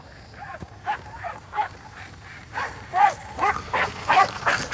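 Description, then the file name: Sled dogs barking and yapping in quick, uneven bursts as a team goes past, growing louder toward the end. Dog sled team passing by. "dogsled passing by with man shouting"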